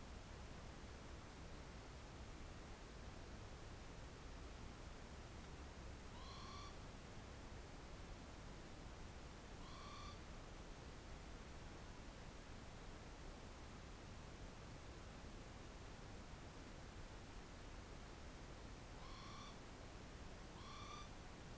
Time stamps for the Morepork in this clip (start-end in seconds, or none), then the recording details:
6.03-6.77, 9.56-10.19, 18.98-19.59, 20.52-21.07. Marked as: faintness 3/5. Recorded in New Zealand on 4 June 2017. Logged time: 21:16. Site Taranaki